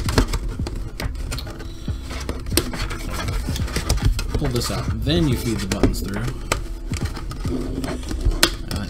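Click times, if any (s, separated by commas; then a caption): 8.4 s. A snap button on a fabric photo light tent panel is fed through and pressed home while someone talks, with soft handling and scraping noises throughout. A sharp click at 8.4 s marks the snap button seating into place.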